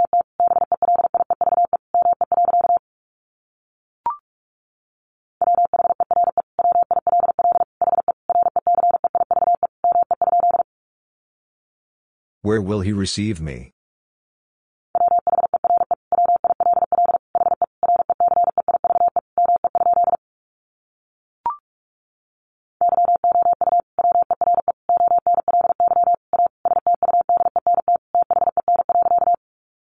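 Morse code sent as a steady single-pitch tone, keyed into rapid dots and dashes in four long bursts separated by silences. Around 12 seconds a short, bright, wavering noise breaks in, and two faint clicks fall near 4 and 21 seconds.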